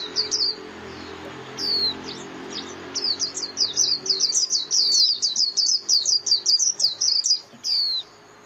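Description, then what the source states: White-eye calls, thin high descending chirps, scattered at first then a rapid run of repeated notes. White-eye lure call used for trapping birds (mồi).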